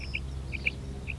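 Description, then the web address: Common quail calls, short bright high notes in quick pairs repeated about every half second, over a steady low hum. Sound file for an electronic game caller. "Перепел Quaglia. plurifon"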